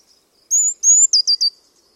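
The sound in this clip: Bird gives one high, thin phrase of two drawn-out whistles that rise slightly, then three rapid short descending notes, in otherwise silent surroundings.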